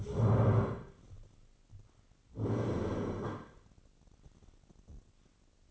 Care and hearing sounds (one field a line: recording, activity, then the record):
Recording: daily activity, microphone in the room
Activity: stand up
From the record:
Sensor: 4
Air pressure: 1010.1 hPa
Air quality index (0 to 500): 189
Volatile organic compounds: 3 ppm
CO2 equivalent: 1359 ppm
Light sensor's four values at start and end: 35/85/35/37 and 35/85/35/37